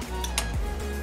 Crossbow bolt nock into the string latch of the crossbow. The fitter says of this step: you'll hear it click